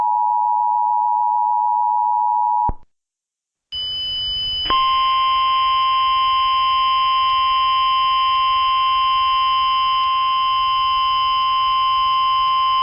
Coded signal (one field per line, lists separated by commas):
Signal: Emergency Alert System (SAME) tones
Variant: 853 and 960 Hz attention tone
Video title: EAS Emergency Alert System Channel: Tornado Warning in Oklahoma